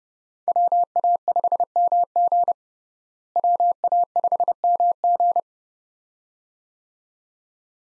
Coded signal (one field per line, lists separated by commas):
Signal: Morse code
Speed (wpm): 30 wpm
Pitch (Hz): 700 Hz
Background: none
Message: WA5MG WA5MG